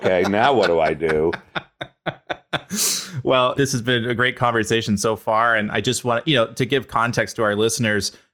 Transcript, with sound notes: Okay, now, what do I do?.
[laugh] Well, this has been a great conversation so far, and I just want to give context to our listeners.